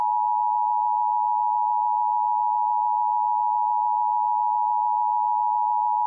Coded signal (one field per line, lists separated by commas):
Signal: Emergency Alert System (SAME) tones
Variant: 853 and 960 Hz attention tone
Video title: eas community fun discord message